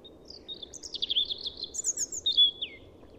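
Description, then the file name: European robin song phrase: a rapid, high, tinkling run of thin warbled notes, ending in a clear falling whistle, over a steady low background hum. "Erithacus rubecula"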